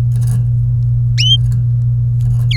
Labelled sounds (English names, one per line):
Domestic Canary song